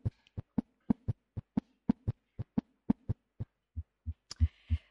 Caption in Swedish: Det kallas för galopprytm, och då har man två extra toner beroende på att hjärtat är överansträngt helt enkelt. Det låter lite grann som en häst galopperar.